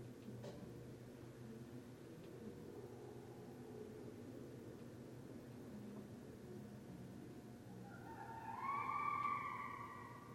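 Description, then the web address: Red fox calling once near the end, a hoarse, harmonic note rising slightly, following about eight seconds of quiet low rumble. Recorded at night on 17 December 2011. "Red Fox 2011 12 17 Red Fox. night-sounds-pt-7-red-foxes"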